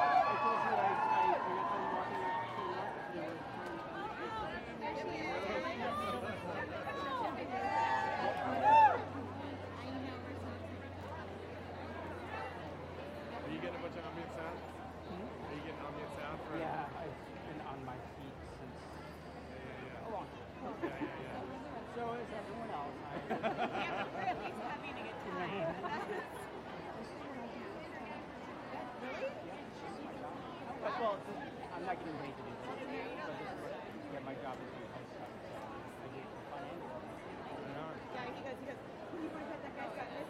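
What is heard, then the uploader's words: A crowd gathered for a women's march talks all around, a steady dense hum of overlapping voices with no single speaker standing out for long. A low rumble runs underneath during the first ten seconds, and a brief louder burst of voices comes near eight seconds. WOMXNS MARCH_raw_12 by Andy "soundeziner" Martin.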